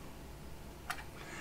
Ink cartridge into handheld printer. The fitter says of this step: You push it in until it clicks,